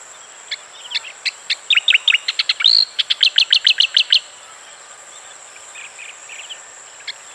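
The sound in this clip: Striated grassbird song: spaced chirps speed up into a quick string of bright notes, then a few soft calls follow, over a continuous high-pitched whine.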